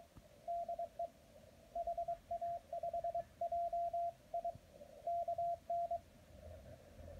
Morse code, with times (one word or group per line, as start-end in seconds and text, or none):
0.5-1.1 DE
1.8-4.5 HA5JI
5.1-6.0 KN